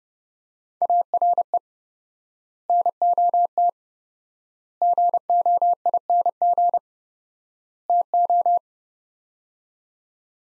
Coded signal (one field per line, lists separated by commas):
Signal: Morse code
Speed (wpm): 31 wpm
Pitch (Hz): 700 Hz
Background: none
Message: ARE NOT GOING TO